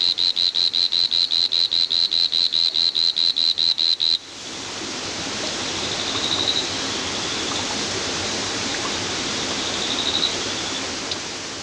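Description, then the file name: Whirring tree frog call: a fast series of sharp, high clicking pulses for about four seconds, then the call stops and a steady broad hiss fills the rest. "Litoria revelata"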